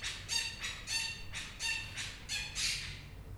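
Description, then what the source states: Parakeet squawks: about seven harsh, raspy calls in quick series, each a broad burst, with a faint low hum underneath. Recorded 11 March 2022.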